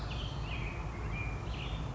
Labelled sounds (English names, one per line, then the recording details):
Black-headed Grosbeak
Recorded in Sonoma County, California